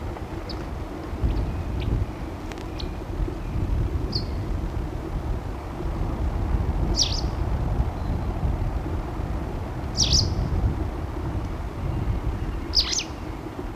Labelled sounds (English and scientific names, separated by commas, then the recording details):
White Wagtail (Motacilla alba) call
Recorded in the wild
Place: Wegfurt, DE
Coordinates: 50.3972, 10.0869
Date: 1964-04-04
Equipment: Uher Report 4000, AKG D190
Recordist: Krey, Winfried
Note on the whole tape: Rufe